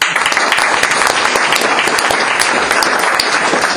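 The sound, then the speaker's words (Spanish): An audience at the Universidad de la Tierra claps steadily for a guest anthropologist, a dense, even patter of many hands with no gaps and no voices standing out, holding at a fairly loud level the whole time. “También un aplauso.”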